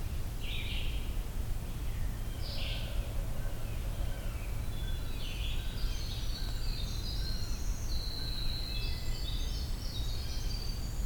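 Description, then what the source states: Winter Wren song, a long, rapid jumble of high tinkling notes that rise and fall for several seconds, over steady low rumbling noise. Singing on a hike to Hector Falls, Allegheny National Forest; lengthy, fairly high-pitched song, up and down in pitch, usually ending on high notes, buried among other birds' songs.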